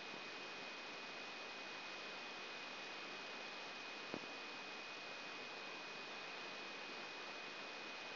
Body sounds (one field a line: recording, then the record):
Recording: brain microelectrode recording played as sound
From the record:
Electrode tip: inside the subthalamic nucleus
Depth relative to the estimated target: 1 mm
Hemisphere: left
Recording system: AlphaMap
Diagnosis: Parkinson's disease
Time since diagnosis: 14 years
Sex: male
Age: 56 years